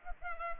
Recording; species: mosquito wingbeat signal from an infrared sensor; Culex pipiens